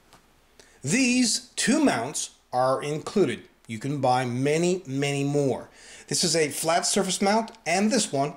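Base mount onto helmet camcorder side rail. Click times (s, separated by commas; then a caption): 0.6 s. A base mount slides onto the side rail of a Contour HD 1080p helmet camcorder and snaps into place with a short click at 0.6 s. Someone then talks for the rest of the clip.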